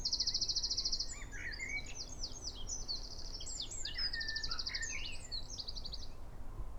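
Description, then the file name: Eurasian wren song opening with a loud rattling trill, then a hurried jumble of high sharp notes and further trills. "Troglodytes troglodytes"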